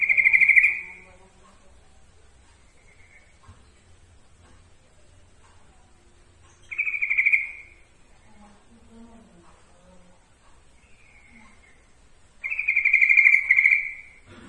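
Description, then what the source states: Yellow-vented bulbul song: three fast, rattling trilled phrases roughly six seconds apart, with faint softer notes in the gaps. Masteran song, for training cage birds to learn the song.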